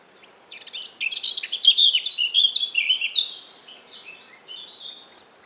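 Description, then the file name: Eurasian blackcap singing a fast, jumbled warble of chattering and fluty notes for about three seconds, trailing off into quieter scattered notes. "Sylvia atricapilla"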